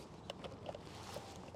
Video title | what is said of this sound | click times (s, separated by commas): Which Tesla to CCS Adapter is the BEST? Tesla Adapter vs. Lectron Vortex vs. A2Z Typhoon Pro | there we go I didn't quite hear a click but there it is it's it's good it's in now | 0.3 s